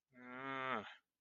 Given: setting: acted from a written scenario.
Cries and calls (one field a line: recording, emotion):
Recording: vocal sound without words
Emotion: shame